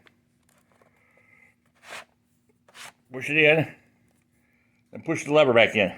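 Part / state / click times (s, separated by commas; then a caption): drive caddy into laptop media bay / not seated / none. An SSD drive caddy is worked into the tight DVD bay slot of an upside-down Dell Latitude D630 laptop and then pushed in, producing faint ticks and scrapes early on and two short noisy rubbing bursts near 2.0 s and 2.7 s. Someone talks over the last part of the clip. Nothing has seated or clicked yet.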